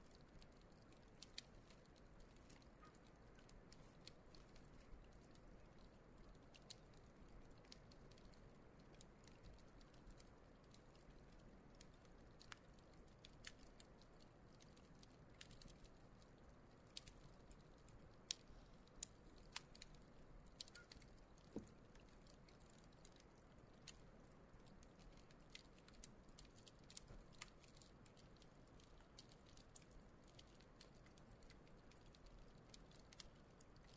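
A campfire burns on the shore of a lake, its low steady roar filling the whole stretch. Sharp little crackles and pops flick through it constantly and irregularly, a few standing out louder, while a faint low hum runs underneath throughout.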